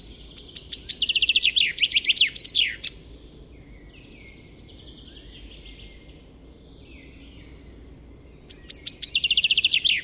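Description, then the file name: Common chaffinch singing a brisk, descending trill of chipping notes ending in a terminal flourish, repeated after a pause of about six seconds with soft background birdsong between. "Fringilla coelebs"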